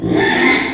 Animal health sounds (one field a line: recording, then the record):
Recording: squeal of a Yucatan mini pig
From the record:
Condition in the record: after surgery on the right vocal fold (resection and tissue-engineered implant)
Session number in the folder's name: 3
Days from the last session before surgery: 33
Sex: male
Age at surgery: 12 weeks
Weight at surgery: 13 kg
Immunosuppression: cyclosporine, prednisolone